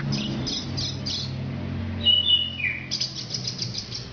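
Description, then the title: Orange-headed thrush song: a few buzzy high notes, then a brief falling whistle and a quick run of bright repeated chirps, over a low hum. "Anis Merah"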